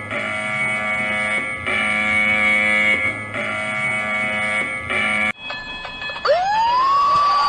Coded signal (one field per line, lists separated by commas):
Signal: dial-up modem handshake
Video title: Eas alarm animated s2: all together!